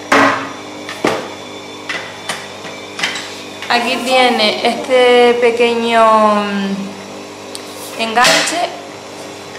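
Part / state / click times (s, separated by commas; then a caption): mop part into the hook/clip on the spray mop / not seated / none. A part is handled against the small hook or clip on a Lidl spray mop, making a few sharp plastic knocks and taps early on while someone talks. The clip ends before the part goes home, and nothing has seated or clicked yet.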